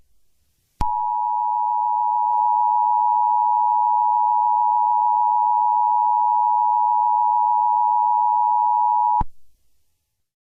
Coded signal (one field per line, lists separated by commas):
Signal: Emergency Alert System (SAME) tones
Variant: 853 and 960 Hz attention tone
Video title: EAS Scenario #33: Midas Gold Touch